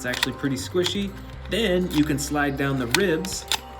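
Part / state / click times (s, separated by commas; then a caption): plastic rib cage piece sliding down over the stomach of a dinosaur action figure / not seated / none. Someone talks while handling a battle-damaged Albertosaurus dinosaur action figure, about to slide its plastic rib cage piece down over the squishy rubber stomach wound. The clip ends before the ribs lock, so nothing has clicked into place yet.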